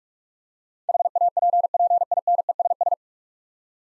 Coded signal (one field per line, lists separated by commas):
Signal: Morse code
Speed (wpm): 42 wpm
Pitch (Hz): 700 Hz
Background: none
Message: HAPPINESS